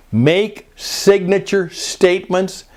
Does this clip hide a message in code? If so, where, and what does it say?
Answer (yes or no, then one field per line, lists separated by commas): no